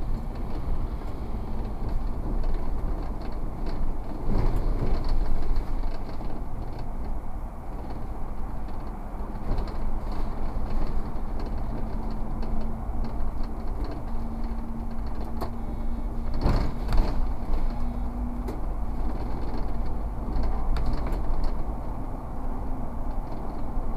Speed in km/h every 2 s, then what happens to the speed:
33, 37, 38, 38, 41, 44, 45, 46, 46, 47, 51, 53.
0-24 speeds up to 53.